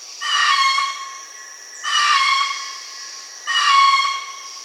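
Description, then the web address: Red-throated caracara giving loud, harsh, strongly harmonic calls, three long blasts spaced roughly every one and a half seconds. Amazon, Peru. "Natures Songs S America Birds of the Amazon Red-throated Caracara (Ibycter americanus), Peru"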